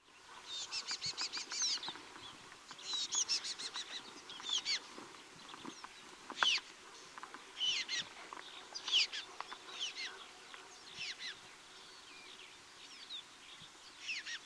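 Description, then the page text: Ground tit calls: bursts of high, thin chirps and short twitters, repeated in clusters every second or two throughout, with faint wing flutters between them. Recorded in Ladakh. "tibetan ground tit – Birds of Ladakh"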